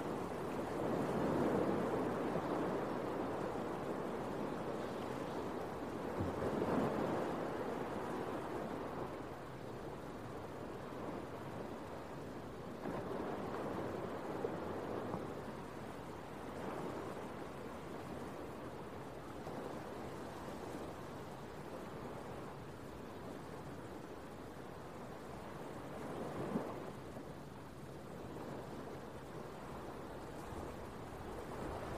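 Beach waves make a steady, dense rushing wash with a low rumble, swelling at intervals around two, seven, fourteen and twenty-seven seconds.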